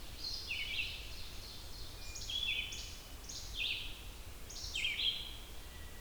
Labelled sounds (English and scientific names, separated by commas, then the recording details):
Red-eyed Vireo (Vireo olivaceus) song
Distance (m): 25 m
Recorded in boreal forest in Alberta, Canada, on 28 June 2016 at 07:38
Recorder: SongMeter 3, array SBT-6-79
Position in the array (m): 107 m, 210 m